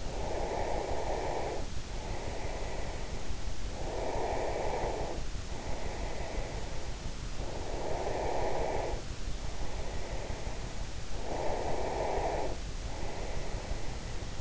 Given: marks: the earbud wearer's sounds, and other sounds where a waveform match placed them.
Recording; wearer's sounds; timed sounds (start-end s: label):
sounds in sleep by an in-ear microphone; breath
0.00-7.02 s: breath
7.32-14.41 s: breath